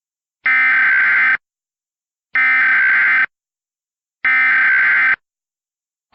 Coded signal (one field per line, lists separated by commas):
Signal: Emergency Alert System (SAME) tones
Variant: header bursts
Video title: *VALID TONES* War Of The Worlds REMASTERED (EAS Scenario)